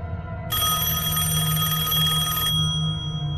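A mobile phone on a bed rings at night with a bright, sustained electronic trill lasting about two seconds over a low steady hum, then cuts off abruptly, leaving a faint ringing tail.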